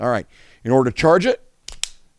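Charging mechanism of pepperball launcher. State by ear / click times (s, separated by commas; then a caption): seated / 1.7 s, 1.8 s. Someone talks, then the charging mechanism of a T4E TR50 pepperball launcher is worked, giving two sharp clicks at 1.7 s and 1.8 s as it latches and is charged.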